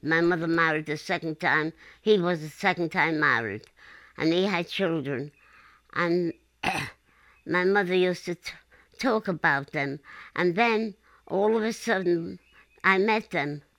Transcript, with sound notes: My mother married a second time. He was a second time married. And he had children. And, (coughs) my mother used to ta-- talk about them. And then all of a sudden I met them.